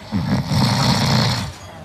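A single loud, low-pitched snore lasting about a second and a half, with a coarse, rattling flutter like an idling engine. This is an adult man's snore, deeper, heavier and more virile in tone than a woman's lighter snore.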